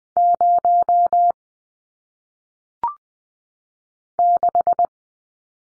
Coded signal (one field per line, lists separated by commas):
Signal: Morse code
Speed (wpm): 20 wpm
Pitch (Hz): 700 Hz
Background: none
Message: 0 6